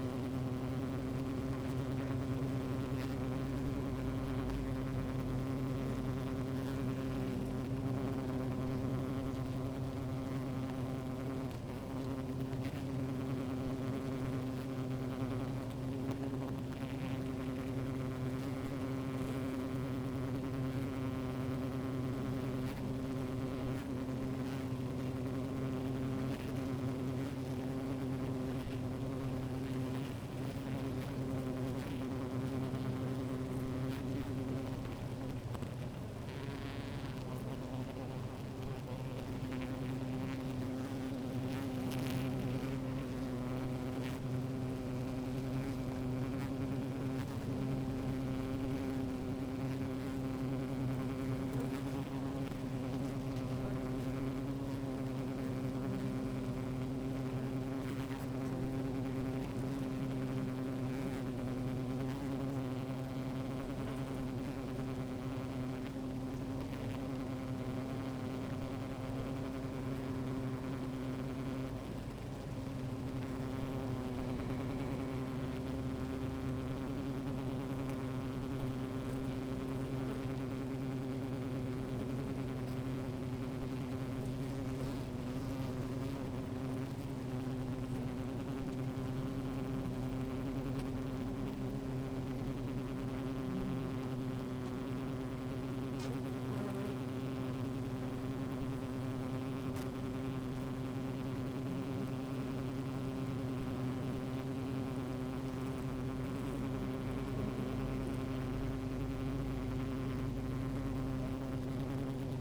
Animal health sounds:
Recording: honeybee colony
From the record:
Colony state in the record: active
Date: 28 July 2017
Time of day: 13:52

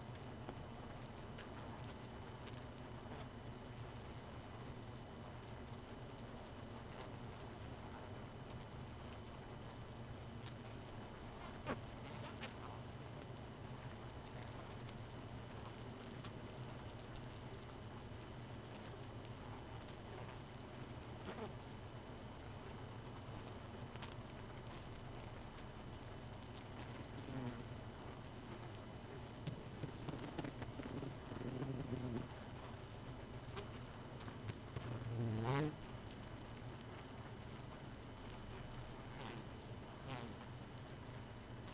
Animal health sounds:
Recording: honeybee colony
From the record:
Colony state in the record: missing queen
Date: 31 May 2018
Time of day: 2:34

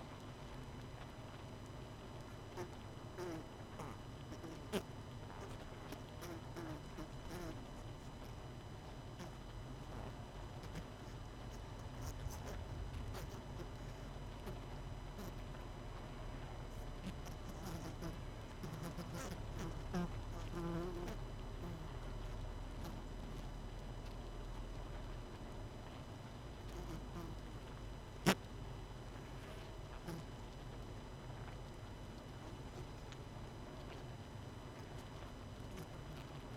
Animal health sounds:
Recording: honeybee colony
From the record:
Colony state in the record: missing queen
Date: 31 May 2018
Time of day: 20:35

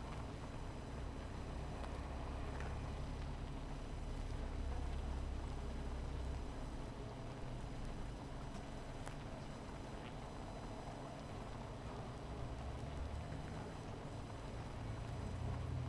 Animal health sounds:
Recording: honeybee colony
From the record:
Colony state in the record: missing queen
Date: 14 July 2017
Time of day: 17:53

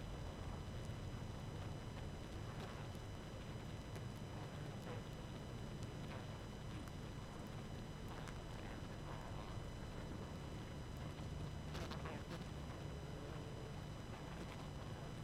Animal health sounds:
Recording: honeybee colony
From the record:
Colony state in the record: active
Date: 12 June 2018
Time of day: 20:21

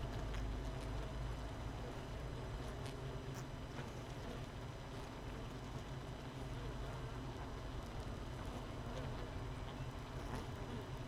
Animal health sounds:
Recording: honeybee colony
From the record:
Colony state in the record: missing queen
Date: 31 May 2018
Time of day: 7:12

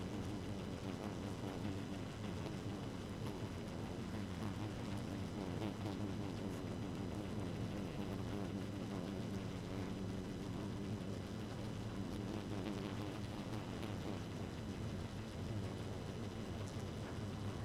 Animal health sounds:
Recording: honeybee colony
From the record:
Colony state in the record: active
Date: 12 June 2018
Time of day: 1:33

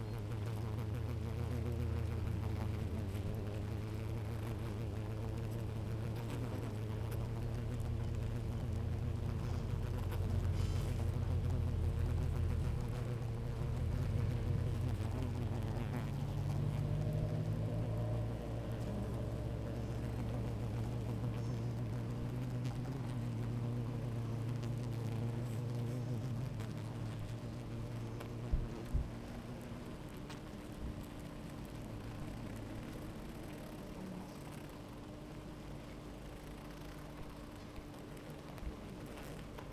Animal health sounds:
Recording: honeybee colony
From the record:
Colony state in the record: active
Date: 28 July 2017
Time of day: 16:32

